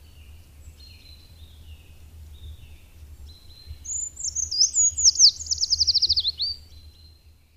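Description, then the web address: Eurasian treecreeper song: a thin, very high run of notes that speeds into a quick descending trill and ends with a short flourish. "agykontroll Madardalok Cd 1. Hegyi fakusz"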